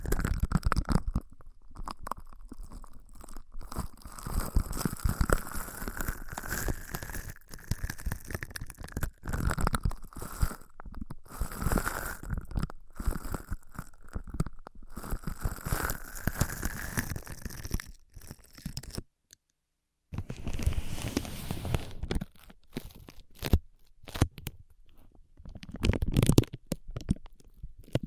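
Ear massage and cleaning sounds: dense, crackly rubbing and scratching right against the microphone, with rapid uneven strokes and soft crunches throughout. A brief silence falls near 19 seconds, then the rubbing resumes, growing louder and deeper around 26 seconds.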